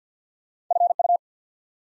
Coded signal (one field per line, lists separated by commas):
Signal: Morse code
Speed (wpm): 50 wpm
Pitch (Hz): 700 Hz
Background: none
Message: FU